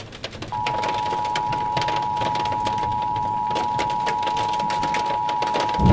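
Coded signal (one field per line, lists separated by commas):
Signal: Emergency Alert System (SAME) tones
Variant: 853 and 960 Hz attention tone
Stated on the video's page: Fictional immersive EAS scenario.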